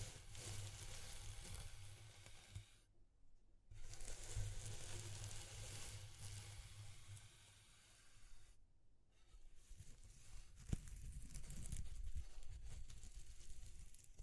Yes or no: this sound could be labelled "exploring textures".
yes